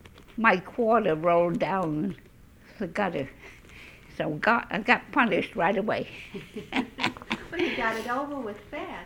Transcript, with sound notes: my quarter rolled down the gutter. So I got punished right away. ( they laugh )
You got it over with fast.